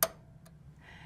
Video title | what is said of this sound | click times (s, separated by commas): Beginner's Guide to Bobbins | um there's a little slot right there where that little catch goes It goes in and we get a nice little click | 0.0 s